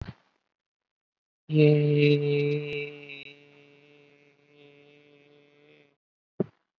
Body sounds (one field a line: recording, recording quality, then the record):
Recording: sustained vowel as in made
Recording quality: excellent, no background noise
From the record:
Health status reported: COVID-19 positive, mild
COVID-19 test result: positive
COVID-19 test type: RT-PCR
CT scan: not taken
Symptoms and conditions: none ticked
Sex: male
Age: 33 years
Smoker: no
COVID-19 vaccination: one dose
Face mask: not worn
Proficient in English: yes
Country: India